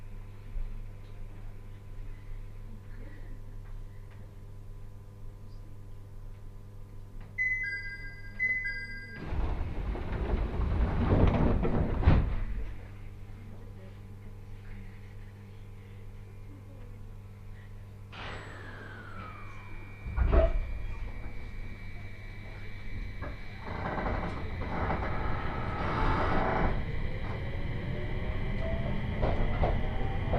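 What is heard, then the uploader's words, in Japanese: A Tohoku Main Line train running down from Kitakami toward Morioka: a steady low hum with faint tones runs throughout. Short beeps near eight seconds, a loud rushing burst around ten, then a falling whine, a thump at twenty, and rising motor rumble. 東北本線下り 北上→盛岡。701系4両編成。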